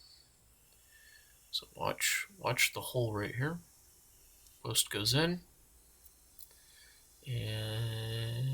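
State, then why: Not seated. Someone talks while a plastic post is slid into the hole of a toy building kit part, with only faint handling noise, including a small tick around 6.4 s. A steady low hum fills the last second, and the post has not clicked into place yet.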